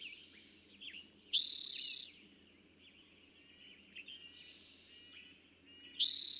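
Eastern towhee singing a bright, buzzy trill twice, roughly five seconds apart, with soft chirps in the pause.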